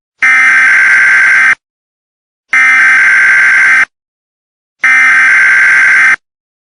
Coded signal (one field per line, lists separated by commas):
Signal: Emergency Alert System (SAME) tones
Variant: header bursts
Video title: How I make EAS Scenarios